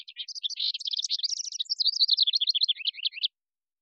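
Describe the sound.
House wren song: a rapid bubbling cascade of high chattering notes and trills, running continuously for about three seconds before stopping.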